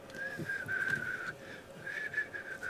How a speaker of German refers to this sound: sich zurücklehnen und so ein bisschen pfeifen.